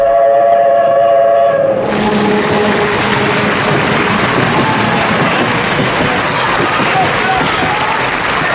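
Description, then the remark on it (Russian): A train carrying Leonid Brezhnev arrives at noon at the Baku railway station. Its whistle blows a steady, layered tone for about two seconds before giving way to a loud, continuous rumble and clatter of the train rolling in. “В полдень поезд, везущий товарища Брежнева, наконец прибыл.”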